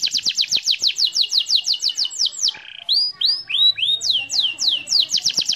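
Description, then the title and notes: Canary singing a quick series of clear downslurred whistles, a short buzz, then rising and falling swoops and another fast run. Master song recording for training canaries to sing. "Suara Burung Kenari Masteran. master suara burung kenari mantap"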